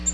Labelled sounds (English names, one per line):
Black-throated Green Warbler flight call